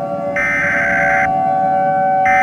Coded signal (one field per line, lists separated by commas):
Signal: Emergency Alert System (SAME) tones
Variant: header bursts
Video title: EAS Scenario: Late 4th of July Day Special: Independence Day Nightmare